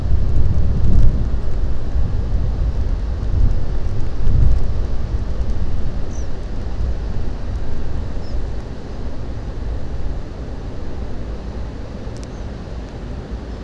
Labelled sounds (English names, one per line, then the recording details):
European Pied Flycatcher
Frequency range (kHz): European Pied Flycatcher 4.6-9.0 kHz
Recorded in France